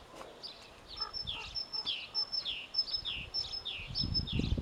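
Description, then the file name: Great tit calling, a quick repeated pattern of a thin high note followed by a lower descending note, about twice a second, with soft low rustling. "Parus major"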